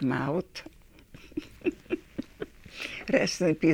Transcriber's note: laughs